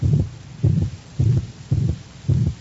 Kind of a rapid heart rate, but a systolic murmur only in these dogs. It sounds like somebody almost trying to cough up something with pulmonic stenosis. It's almost like a ho, ho, ho, ho.